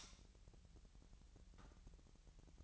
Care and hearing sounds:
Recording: daily activity, microphone in the room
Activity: light on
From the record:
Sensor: 3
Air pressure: 1001.9 hPa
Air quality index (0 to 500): 244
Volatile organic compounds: 46 ppm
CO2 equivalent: 3237 ppm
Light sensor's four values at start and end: 6/13/5/5 and 11/31/12/12

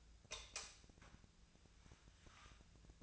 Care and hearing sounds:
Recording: daily activity, microphone in the room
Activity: light off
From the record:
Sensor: 2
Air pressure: 1009.6 hPa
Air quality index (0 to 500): 181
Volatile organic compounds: 10 ppm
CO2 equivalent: 2258 ppm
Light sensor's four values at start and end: 32/85/36/38 and 27/66/29/32

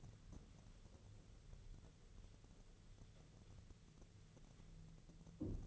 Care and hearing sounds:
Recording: daily activity, microphone in the room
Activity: wipe stove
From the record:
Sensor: 4

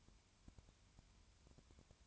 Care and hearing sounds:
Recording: daily activity, microphone in the room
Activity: no activity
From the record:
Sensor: 2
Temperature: 20.3 degrees Celsius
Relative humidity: 33.8%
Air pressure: 1003.1 hPa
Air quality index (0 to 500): 83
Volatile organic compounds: 1 ppm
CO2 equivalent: 787 ppm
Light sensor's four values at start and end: 2/3/2/2 and 2/3/2/2

